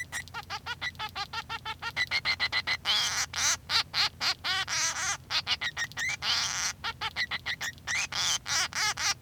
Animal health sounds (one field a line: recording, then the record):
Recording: song of a male Bengalese finch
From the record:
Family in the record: son of father 3